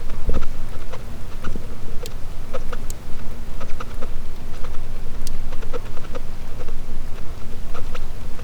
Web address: Physeter Macrocephalus cachalot